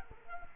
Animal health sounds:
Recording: mosquito wingbeat signal from an infrared sensor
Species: Culex quinquefasciatus

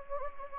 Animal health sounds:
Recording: mosquito wingbeat signal from an infrared sensor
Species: Anopheles gambiae

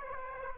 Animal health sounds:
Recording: mosquito wingbeat signal from an infrared sensor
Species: Aedes aegypti

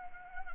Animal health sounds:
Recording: mosquito wingbeat signal from an infrared sensor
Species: Anopheles gambiae

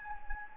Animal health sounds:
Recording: mosquito wingbeat signal from an infrared sensor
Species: Anopheles gambiae

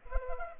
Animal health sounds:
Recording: mosquito wingbeat signal from an infrared sensor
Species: Culex pipiens

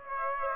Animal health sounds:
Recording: mosquito wingbeat signal from an infrared sensor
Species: Aedes aegypti

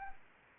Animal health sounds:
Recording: mosquito wingbeat signal from an infrared sensor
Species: Anopheles arabiensis

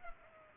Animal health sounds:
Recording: mosquito wingbeat signal from an infrared sensor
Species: Culex pipiens

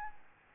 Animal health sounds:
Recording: mosquito wingbeat signal from an infrared sensor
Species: Aedes albopictus

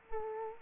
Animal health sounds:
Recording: mosquito wingbeat signal from an infrared sensor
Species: Culex quinquefasciatus

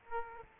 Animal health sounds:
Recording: mosquito wingbeat signal from an infrared sensor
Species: Aedes aegypti

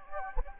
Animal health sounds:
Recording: mosquito wingbeat signal from an infrared sensor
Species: Anopheles gambiae

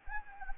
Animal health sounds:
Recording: mosquito wingbeat signal from an infrared sensor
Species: Anopheles arabiensis

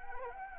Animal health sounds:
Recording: mosquito wingbeat signal from an infrared sensor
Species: Anopheles arabiensis

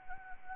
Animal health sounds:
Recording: mosquito wingbeat signal from an infrared sensor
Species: Anopheles arabiensis

